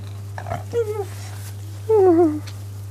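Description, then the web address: Hare cries, two drawn-out descending squealing cries with strong harmonics, the second longer and louder, over a steady low hum. A hare's cry. "cri dun lievre"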